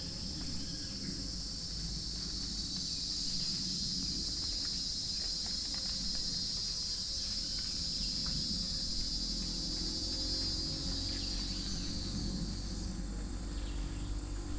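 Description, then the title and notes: Cicadas droning in a continuous high-pitched buzz, with a low rumble underneath. Several cicadas recorded in summer at Itanhangá, Rio de Janeiro, Brazil, using a Zoom H4n recorder. "Itanhangá, Rio de Janeiro - State of Rio de Janeiro, Brazil - cicadas. recording cicadas at the summer"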